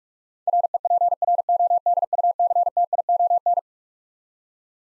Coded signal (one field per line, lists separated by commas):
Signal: Morse code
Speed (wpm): 41 wpm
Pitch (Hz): 700 Hz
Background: none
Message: REPRODUCTION